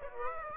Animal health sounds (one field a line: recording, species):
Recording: mosquito wingbeat signal from an infrared sensor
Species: Aedes aegypti